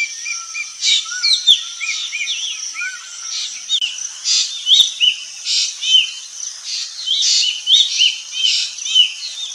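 Bird song, busy overlapping high chirps and curved whistled notes from several birds, with a few lower drawn-out whistles early on.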